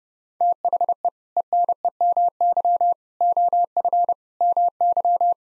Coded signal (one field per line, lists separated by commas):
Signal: Morse code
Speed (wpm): 30 wpm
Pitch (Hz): 700 Hz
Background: none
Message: THE ENEMY OF MY